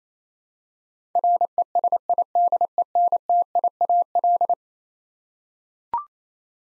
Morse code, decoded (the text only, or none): RESIDENTIAL